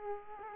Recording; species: mosquito wingbeat signal from an infrared sensor; Culex quinquefasciatus